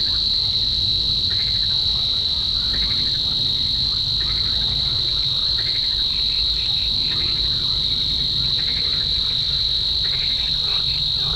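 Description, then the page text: Savi's warbler reeling song, a steady high insect-like buzz held unbroken throughout, while other birds give harsh chattering phrases underneath. Recorded at Slatina pond, Prague, Czech Republic, 16 June 2013, 21:31–21:35 CEST; nests there regularly in small numbers, at least two breeding pairs in 2013. "Locustella luscinioides"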